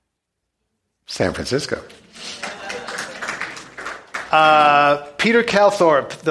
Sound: applause

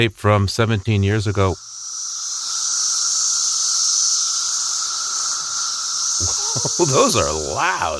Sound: Cicadas Chirping

